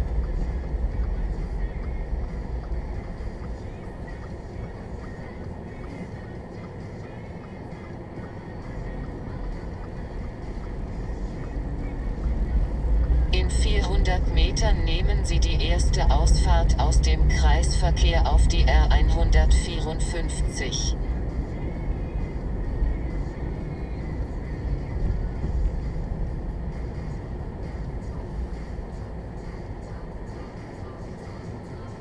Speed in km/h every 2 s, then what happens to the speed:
8, 3, 0, 0, 5, 10, 19, 24, 26, 30, 31, 27, 21, 12, 4, 0.
0-3 slows to 0. 3-7 standing. 7-20 pulls away to 31. 20-29 slows to 0. 29-32 standing.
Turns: none.